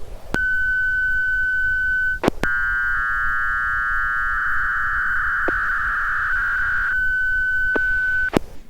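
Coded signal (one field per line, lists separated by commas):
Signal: fast PSK data mode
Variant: FLARQ beacon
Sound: steady whistle tone, four seconds of warbling data, steady tone again, clicks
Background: keyboard or mouse clicks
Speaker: in this case the station K4 PPK will send a beacon after the beacon is received the call sign K4 PPK appears in the space at the top of the window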